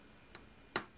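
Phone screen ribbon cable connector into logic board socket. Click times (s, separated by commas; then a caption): 0.8 s. An iPhone 5s digitizer/screen flex ribbon cable connector is lined up and pressed down onto its logic board socket. A faint tick at 0.4 s is followed by a sharp, bright click at 0.8 s, the loudest sound in the clip. The click marks the connector seating in its socket.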